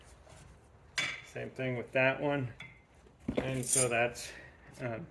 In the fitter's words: and lock it into place.